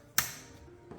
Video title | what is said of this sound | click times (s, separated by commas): 2014-2020 FORD FUSION 1.5L - Vapor Canister Purge Valve | Locks in just like that. | 0.2 s